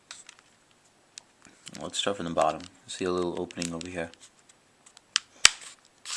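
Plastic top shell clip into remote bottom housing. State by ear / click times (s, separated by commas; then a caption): seated / 5.5 s. The plastic top shell of a Logitech Harmony 880 universal remote is slid into the bottom housing and its snap-fit clips are pressed together during a repair for buttons that are not working, while someone talks. After light plastic taps and handling, a sharp click sounds at 5.5 s as a clip snaps in and seats.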